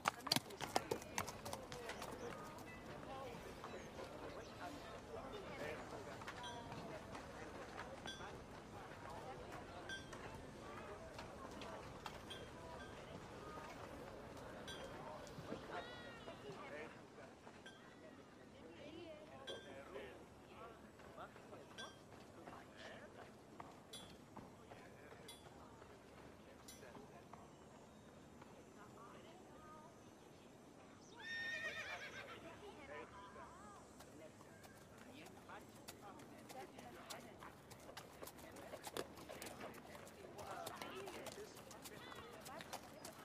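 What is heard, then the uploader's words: A quiet medieval town with chatter and animals, voices murmuring at a steady low level throughout. Scattered short knocks and clops, like a horse cart, run through the scene, with a brief brighter animal call near 31 seconds and livelier bursts toward the end. Animals (sheep/chicken/horse/dog). Quiet medieval town. Distance music/chatter/horse cart.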